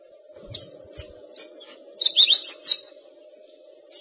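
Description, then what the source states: Bird chirps, scattered and fairly faint, with a brighter cluster of quick twittering notes midway, over a constant low hum and a few dull thumps. Used for training songbirds.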